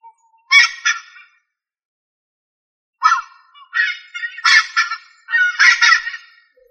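Rail giving harsh, honking, harmonic calls: one doubled note early, then after a pause a run of four rapid doubled squawks, with silence between.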